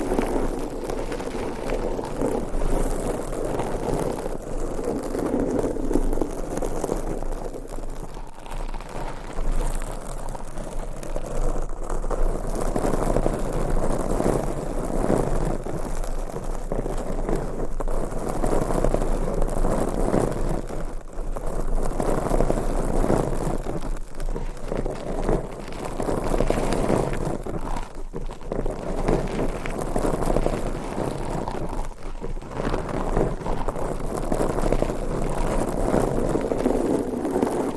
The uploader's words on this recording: ASMR Mic Scratching with 6 Mics & 4 Hands. ASMR No Talking for Sleep.